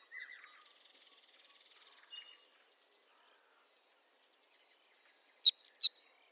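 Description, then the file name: Great tit calls, a dry buzzy churr lasting over a second, then silence and a quick run of three sharp high notes. "Parus major"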